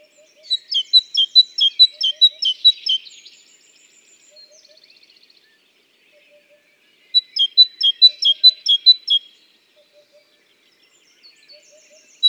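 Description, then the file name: Great tit gives two bursts of rapid, ringing two-note phrases several seconds apart, with soft high twitters between and faint low triplets recurring throughout. "Parus major"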